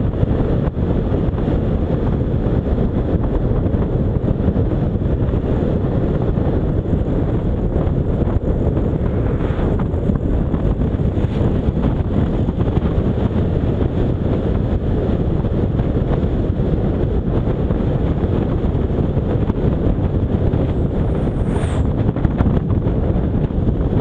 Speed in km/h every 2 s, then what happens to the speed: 61, 61, 63, 61, 62, 66, 69, 70, 71, 68, 67, 64.
0-7 steady at about 61. 7-15 speeds up to 71. 15-24 slows to 64.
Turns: none.